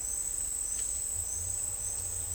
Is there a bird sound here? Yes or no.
no